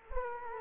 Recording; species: mosquito wingbeat signal from an infrared sensor; Culex quinquefasciatus